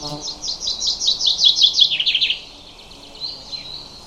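Bird song: a fast run of high chirped notes lasting about two seconds, falling slightly in pitch, followed by a few softer, thin, sliding notes.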